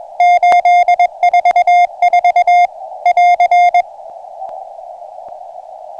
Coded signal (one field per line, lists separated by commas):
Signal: Morse code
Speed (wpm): 22 wpm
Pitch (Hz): 710 Hz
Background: radio noise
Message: 844 <AR>